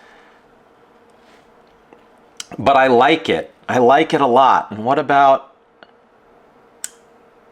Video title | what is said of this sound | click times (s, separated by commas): Umnumzaan Review - An Industry Staple For A Reason? | clicks into place nicely with the detent on closure. | 6.8 s